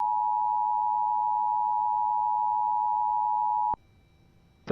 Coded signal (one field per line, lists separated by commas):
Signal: Emergency Alert System (SAME) tones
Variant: 853 and 960 Hz attention tone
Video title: Blizzard Warning for parts of Delaware!! (EAS #54)